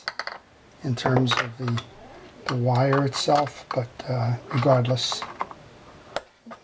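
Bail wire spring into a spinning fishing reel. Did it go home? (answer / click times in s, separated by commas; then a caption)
yes / 6.2 s. A tensioned bail wire spring is fitted back into an older Zebco XRL 40 spinning fishing reel during reassembly while someone talks. A few light clicks and taps come at the start, and a sharp click at 6.2 seconds marks the spring seating into place.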